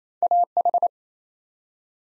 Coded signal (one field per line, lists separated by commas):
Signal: Morse code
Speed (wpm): 27 wpm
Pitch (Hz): 700 Hz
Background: none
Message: AH